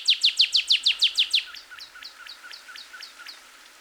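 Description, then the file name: Cardinal song: a quick series of loud, sharp down-slurred notes that gives way to softer, slower, fading notes. Recorded on 26 April 2019. "2019-04-26 Cardinal"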